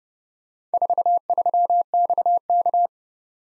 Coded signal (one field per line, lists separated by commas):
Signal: Morse code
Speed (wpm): 30 wpm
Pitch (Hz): 700 Hz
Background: none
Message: 43XK